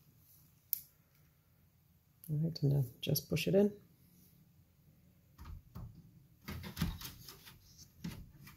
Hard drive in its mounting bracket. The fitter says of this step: you just clip it in